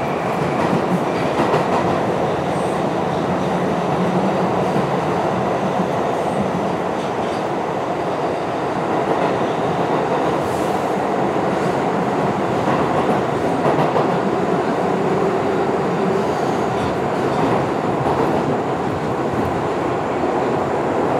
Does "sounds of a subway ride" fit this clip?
yes